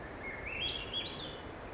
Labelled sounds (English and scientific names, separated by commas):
Swainson's Thrush (Catharus ustulatus)